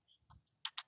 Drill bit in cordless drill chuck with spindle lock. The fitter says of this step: yan pwedeng ayan gan narinig mo nagla-lock siya eh.